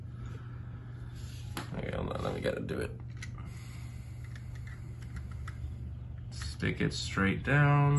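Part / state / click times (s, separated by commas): medication cartridge into wearable on-body injector / not seated / none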